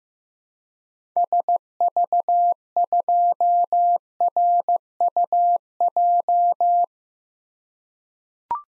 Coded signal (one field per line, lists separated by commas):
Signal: Morse code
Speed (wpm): 15 wpm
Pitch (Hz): 700 Hz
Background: none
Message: SV2RUJ